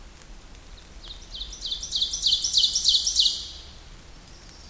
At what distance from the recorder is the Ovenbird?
about 15 m